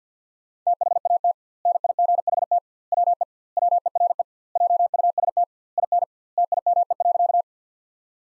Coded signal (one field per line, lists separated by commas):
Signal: Morse code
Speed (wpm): 50 wpm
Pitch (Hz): 700 Hz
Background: none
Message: THAT NIGHT WE WERE JUST IN TIME.